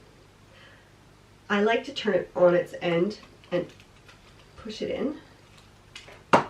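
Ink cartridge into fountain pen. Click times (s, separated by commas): 6.3 s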